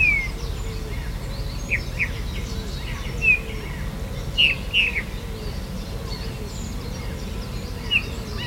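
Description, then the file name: Eurasian bullfinch call notes, a handful of short soft whistles spread irregularly, one quick pair near the middle, against a mixed bird chorus and low hum. "Pyrrhula pyrrhula"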